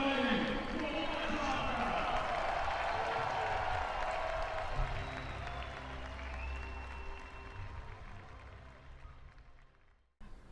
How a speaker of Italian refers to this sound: Facciamo una grandissima applauso.